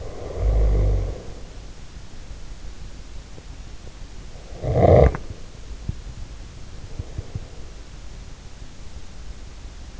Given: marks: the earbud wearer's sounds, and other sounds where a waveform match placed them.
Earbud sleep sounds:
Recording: sounds in sleep by an in-ear microphone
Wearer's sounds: snoring breath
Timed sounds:
0.00-1.81 s: snoring breath
4.61-5.39 s: snoring breath

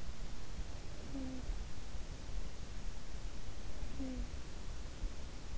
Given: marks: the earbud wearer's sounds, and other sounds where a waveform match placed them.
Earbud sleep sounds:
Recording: sounds in sleep by an in-ear microphone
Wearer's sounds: talking in sleep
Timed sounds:
0.18-2.37 s: talking in sleep
3.26-5.28 s: talking in sleep

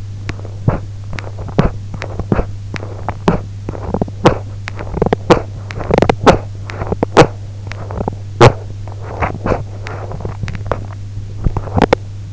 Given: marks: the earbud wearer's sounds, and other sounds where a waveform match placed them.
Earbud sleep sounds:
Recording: sounds in sleep by an in-ear microphone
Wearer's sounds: teeth grinding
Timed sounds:
0.00-12.33 s: teeth grinding

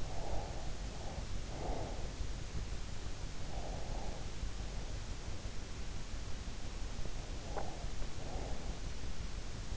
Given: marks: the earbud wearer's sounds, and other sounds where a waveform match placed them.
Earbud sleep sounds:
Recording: sounds in sleep by an in-ear microphone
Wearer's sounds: breath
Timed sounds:
0.00-2.21 s: breath
3.44-5.62 s: breath
6.89-9.13 s: breath

